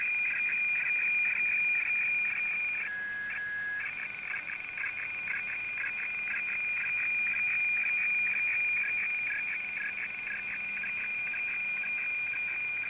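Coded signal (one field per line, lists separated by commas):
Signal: weather fax (radiofax)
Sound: steady high whistle with rhythmic scratchy warbling beneath it, continuous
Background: radio static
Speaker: so I'll just go ahead and and realign it and you can see the uh the no symbol up here in the top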